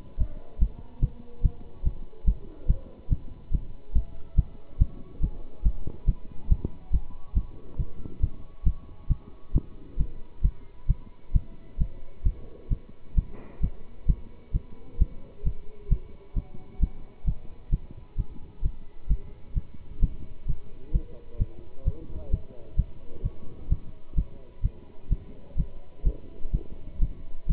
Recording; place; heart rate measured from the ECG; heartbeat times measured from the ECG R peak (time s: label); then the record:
heart sounds by stethoscope; between the tricuspid and mitral areas; 134 bpm
0.18 s: heartbeat
0.59 s: heartbeat
1.00 s: heartbeat
1.42 s: heartbeat
1.83 s: heartbeat
2.25 s: heartbeat
2.67 s: heartbeat
3.09 s: heartbeat
3.51 s: heartbeat
3.93 s: heartbeat
4.35 s: heartbeat
4.78 s: heartbeat
5.20 s: heartbeat
5.63 s: heartbeat
6.06 s: heartbeat
6.48 s: heartbeat
6.91 s: heartbeat
7.34 s: heartbeat
7.77 s: heartbeat
8.20 s: heartbeat
8.64 s: heartbeat
9.08 s: heartbeat
9.53 s: heartbeat
9.97 s: heartbeat
10.42 s: heartbeat
10.87 s: heartbeat
11.32 s: heartbeat
11.78 s: heartbeat
12.23 s: heartbeat
12.69 s: heartbeat
13.15 s: heartbeat
13.60 s: heartbeat
14.06 s: heartbeat
14.52 s: heartbeat
14.98 s: heartbeat
15.43 s: heartbeat
15.89 s: heartbeat
16.34 s: heartbeat
16.80 s: heartbeat
17.25 s: heartbeat
17.70 s: heartbeat
18.16 s: heartbeat
18.62 s: heartbeat
19.08 s: heartbeat
19.54 s: heartbeat
20.00 s: heartbeat
20.46 s: heartbeat
20.92 s: heartbeat
21.38 s: heartbeat
21.84 s: heartbeat
22.30 s: heartbeat
22.76 s: heartbeat
23.22 s: heartbeat
23.68 s: heartbeat
24.15 s: heartbeat
24.62 s: heartbeat
25.09 s: heartbeat
25.56 s: heartbeat
26.04 s: heartbeat
26.51 s: heartbeat
26.99 s: heartbeat
27.47 s: heartbeat
From the record:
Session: pedaling a stationary bicycle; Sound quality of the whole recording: good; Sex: male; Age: 27 years